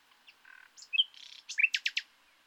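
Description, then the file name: Common nightingale song phrase: a quiet buzzy note, bright whistles, a rattling trill, then three loud clipped notes in quick succession. "Luscinia megarhynchos"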